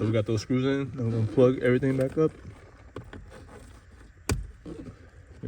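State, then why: Seated. A wiring harness connector is plugged back into the newly screwed-in HVAC blend door actuator of a 2014 Ford Fiesta, and it seats with a sharp click at 4.3 seconds. Someone talks at the start, and a few faint taps follow at about 3.0 and 3.1 seconds before the click.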